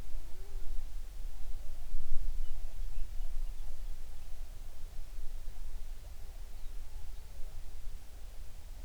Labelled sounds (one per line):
songbird